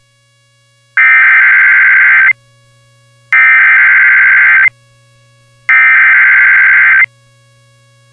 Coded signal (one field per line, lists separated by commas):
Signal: Emergency Alert System (SAME) tones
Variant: header bursts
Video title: EAS Winter Storm Warning Northern Iowa/Southern Minnesota NOAA Weather Radio +WeatherSTAR4000